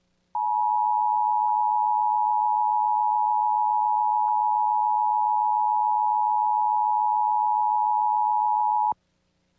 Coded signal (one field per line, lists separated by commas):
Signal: Emergency Alert System (SAME) tones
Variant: 853 and 960 Hz attention tone